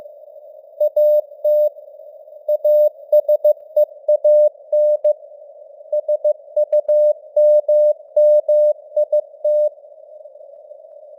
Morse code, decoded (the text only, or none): AT ASEAN SUMMIT